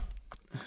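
A plastic cover behind the rear view mirror of a Mazda CX-5, clipped to the overhead trim panel, is pressed hard at its seam to pry it apart. After a couple of faint ticks, a sharp little snap at 0.3 s marks the clip letting go and the cover releasing, followed by a low thud.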